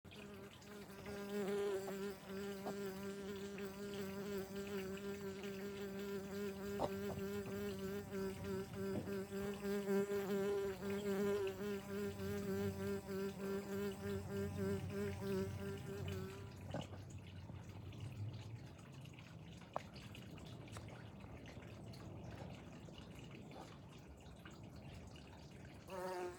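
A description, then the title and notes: A bee buzzes with a steady, low droning hum for the first sixteen seconds, its pitch wavering slightly as it flies back and forth. The buzz then cuts off, leaving a quieter stretch of soft rumble and a few faint clicks. A cute little mason bee inside a cut piece of bamboo in an insect hotel. The buzzing sound is coming from another bee out of frame that was flying back and forth at me.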